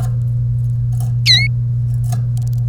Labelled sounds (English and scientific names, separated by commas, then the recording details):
Domestic Canary (Serinus canaria) song
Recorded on 1 May 2018 at 08:52
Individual llb3